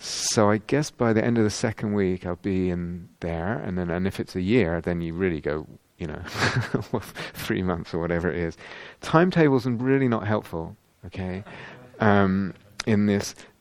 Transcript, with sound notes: "I guess by the end of the second week I'll be in there." And if it's a year, then you really go... you know. [laughs] Or three months, or whatever it is. Timetables are really not helpful in this.